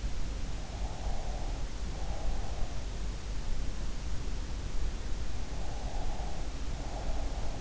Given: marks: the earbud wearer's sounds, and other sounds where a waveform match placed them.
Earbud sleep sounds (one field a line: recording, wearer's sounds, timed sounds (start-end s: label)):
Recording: sounds in sleep by an in-ear microphone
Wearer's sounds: breath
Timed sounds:
0.77-2.72 s: breath
5.68-7.61 s: breath